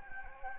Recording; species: mosquito wingbeat signal from an infrared sensor; Anopheles gambiae